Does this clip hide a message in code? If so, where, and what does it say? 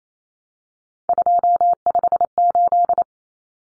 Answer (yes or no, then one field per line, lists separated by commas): yes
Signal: Morse code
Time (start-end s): 1.1-3.0 s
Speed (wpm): 28 wpm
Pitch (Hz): 700 Hz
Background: none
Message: 258